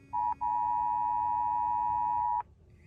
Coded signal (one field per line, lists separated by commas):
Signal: Emergency Alert System (SAME) tones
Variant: 853 and 960 Hz attention tone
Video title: 2023 Nationwide EAS Test